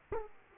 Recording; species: mosquito wingbeat signal from an infrared sensor; Aedes aegypti